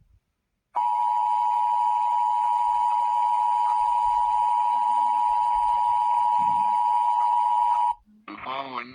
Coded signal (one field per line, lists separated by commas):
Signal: Emergency Alert System (SAME) tones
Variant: 853 and 960 Hz attention tone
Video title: EAS Scenario: Midwest Blackout